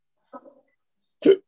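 A faint brief vocal sound, then one sudden sharp gulping burst: an adult man's hiccup, one of a bout of persistent hiccups he cannot get rid of.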